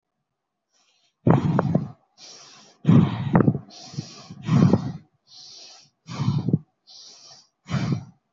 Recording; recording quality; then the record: shallow breathing; excellent, no background noise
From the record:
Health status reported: healthy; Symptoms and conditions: none ticked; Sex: male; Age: 26 years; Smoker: not ticked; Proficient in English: yes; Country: India